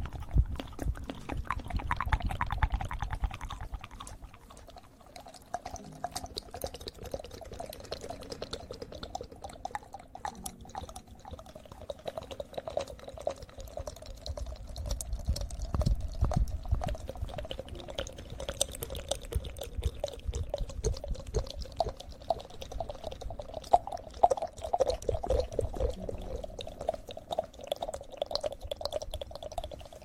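Aloe vera gel being worked and squished right at the ear, with wet, sticky clicks and squelches crowding together throughout. The sound stays busy and irregular, with a muffled low rumble that swells at the start and again around the middle.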